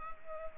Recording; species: mosquito wingbeat signal from an infrared sensor; Culex pipiens